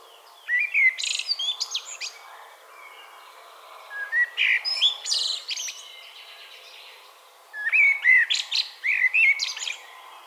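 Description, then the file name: Common blackbird sings three phrases a few seconds apart, each with fluted, warbling whistles ending in shrill, scratchy high notes. "Turdus merula"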